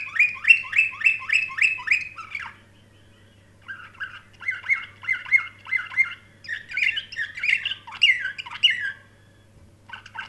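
Canary song in bursts: a quick chirp series, a pause, then rolling repeated notes and a buzzy jumbled phrase, separated by short silences.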